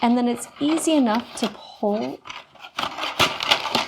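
Someone talks while handling a paperboard cake box, getting ready to pull one side with its handle tab over the top toward its locking slot. Short, sharp handling noises follow near the end. Nothing has seated or clicked yet.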